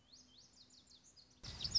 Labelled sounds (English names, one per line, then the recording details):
Lazuli Bunting
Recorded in Sonoma County, California